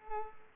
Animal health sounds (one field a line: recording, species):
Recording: mosquito wingbeat signal from an infrared sensor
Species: Culex pipiens